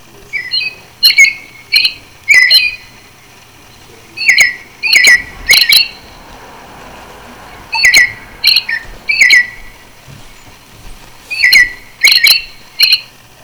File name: Robin